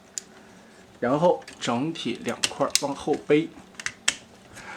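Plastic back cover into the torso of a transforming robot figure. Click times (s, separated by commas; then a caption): 0.2 s. After the shoulder slides are pulled open and the head folded down, the plastic back cover of a painted-edition Transformers Galaxy Force Optimus Prime figure is closed and snaps into place in the torso with a single sharp click at 0.2 s. Someone then talks, and a few more small sharp clicks follow around 3.8–4.1 s.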